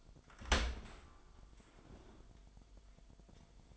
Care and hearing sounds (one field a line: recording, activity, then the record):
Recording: daily activity, microphone in the room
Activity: open dishwasher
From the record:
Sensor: 5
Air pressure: 998.3 hPa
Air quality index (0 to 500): 88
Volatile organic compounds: 2 ppm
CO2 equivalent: 999 ppm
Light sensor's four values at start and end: 19/45/19/21 and 19/46/19/21